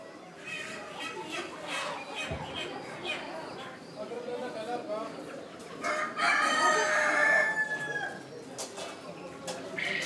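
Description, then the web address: Chickens clucking and calling busily, with a louder drawn-out call a little after the middle. Hens outdoors in Morocco; voices and activity. "Morocco sound library by Faunethic Market for chicken hen"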